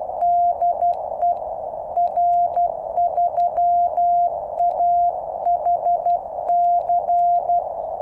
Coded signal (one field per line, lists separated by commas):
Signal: Morse code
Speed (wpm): 12 wpm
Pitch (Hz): 700 Hz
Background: none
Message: DE R3AHC